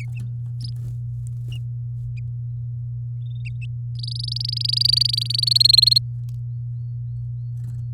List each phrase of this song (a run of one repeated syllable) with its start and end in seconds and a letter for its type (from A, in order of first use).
3.99-5.49 A, 5.51-5.98 B